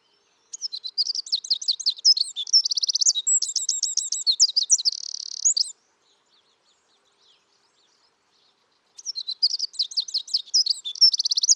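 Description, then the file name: Eurasian wren song: a loud, very rapid outpouring of high trills and chattering notes lasting about five seconds, then quiet before a second burst begins. "Troglodytes troglodytes"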